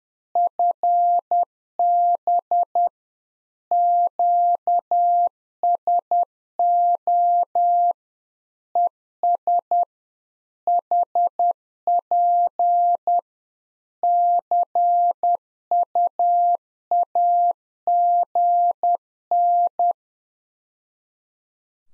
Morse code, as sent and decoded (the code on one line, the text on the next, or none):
..-. -... / --.- ... --- / . ... / .... .--. / -.-. ..- .- --. -.
FB QSO ES HP CUAGN